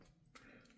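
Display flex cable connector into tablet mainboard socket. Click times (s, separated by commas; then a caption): 0.4 s. A new screen's display flex cable connector is lined up and pressed into its socket on a Samsung Tab A9+ tablet mainboard during a screen replacement. A sharp click at 0.4 s, with softer ticks around it, shows the connector has seated.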